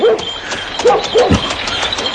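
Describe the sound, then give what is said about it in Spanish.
Dogs at farms howl mournfully in a few short, wavering high cries, spaced unevenly over a steady background hiss, with no one speaking. “No me extraña que los perros aullen de forma tan fúnebre.”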